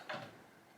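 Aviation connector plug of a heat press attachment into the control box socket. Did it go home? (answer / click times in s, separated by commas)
yes / 0.1 s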